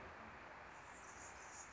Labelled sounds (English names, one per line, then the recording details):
Anna's Hummingbird
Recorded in Sonoma County, California